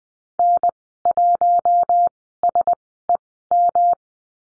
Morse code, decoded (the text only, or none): N1SEM